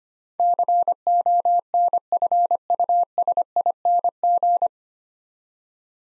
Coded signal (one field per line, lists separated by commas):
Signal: Morse code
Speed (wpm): 25 wpm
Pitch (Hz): 700 Hz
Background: none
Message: CONFUSING